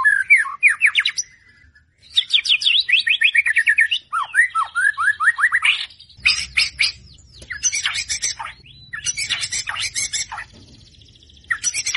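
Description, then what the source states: White-rumped shama song of quick repeated whistled notes in fast series, then harsher broken bursts and scratchy notes, separated by brief gaps. White-rumped shama singing vigorously; lure recording meant to make the bird respond.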